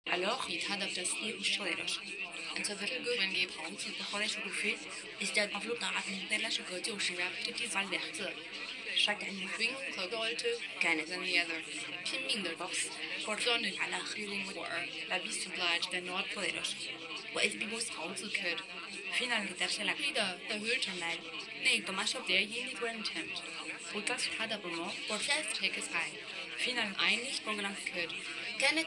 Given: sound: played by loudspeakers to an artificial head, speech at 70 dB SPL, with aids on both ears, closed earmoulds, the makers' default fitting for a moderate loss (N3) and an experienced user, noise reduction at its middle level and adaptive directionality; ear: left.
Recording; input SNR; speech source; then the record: speech test signal (ISTS) in cocktail-party noise; +3 dB; in front (0 degrees)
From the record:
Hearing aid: class 2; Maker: C